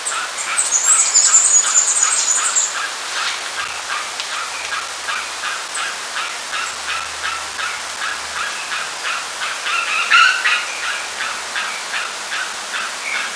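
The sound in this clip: Bird calls, a high trilling burst at the start, then steady rows of short raspy notes repeated rapidly, with a brief sharp whistle near the end.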